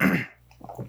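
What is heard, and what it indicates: An adult man coughs during a solo net-radio talk, a short burst of coughing that starts while he is speaking.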